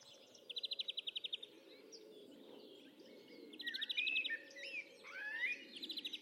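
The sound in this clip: Birds giving fast buzzy trills in three bursts, mixed with whistled chirps and rising notes.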